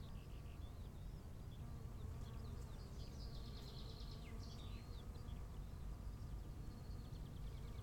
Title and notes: wachendorf, feldweg. 15:15 feldweg zur bruder-klaus-kapelle, bienen, vögel, wind, stille